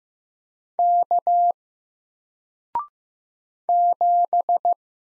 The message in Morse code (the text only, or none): K 7